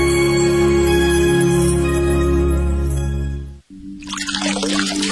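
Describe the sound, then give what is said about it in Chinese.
Tap water runs in a steady, full rush with a low droning undertone, then cuts off abruptly after about three and a half seconds, giving way to a thinner, softer wash of splashing noise. “随时关紧水龙头可以节省很多水。”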